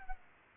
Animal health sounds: mosquito wingbeat signal from an infrared sensor; Aedes albopictus

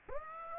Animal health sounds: mosquito wingbeat signal from an infrared sensor; Aedes aegypti

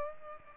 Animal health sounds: mosquito wingbeat signal from an infrared sensor; Aedes aegypti

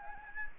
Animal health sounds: mosquito wingbeat signal from an infrared sensor; Anopheles gambiae

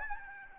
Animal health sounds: mosquito wingbeat signal from an infrared sensor; Aedes albopictus

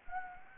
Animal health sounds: mosquito wingbeat signal from an infrared sensor; Anopheles gambiae

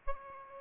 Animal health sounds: mosquito wingbeat signal from an infrared sensor; Aedes albopictus

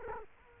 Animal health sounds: mosquito wingbeat signal from an infrared sensor; Culex quinquefasciatus

